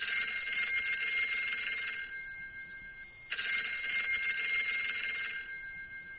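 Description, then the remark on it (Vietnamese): Lão Hổ's phone rings with a bright, trilling electronic tone in two long bursts as A Khuông calls, the first fading out before a brief gap and the second starting abruptly at full loudness. “Tiếng chuông điện thoại của lão hổ vang lên, nhìn vào màn hình hiển thị số của người kia đang gọi là A Khuông.”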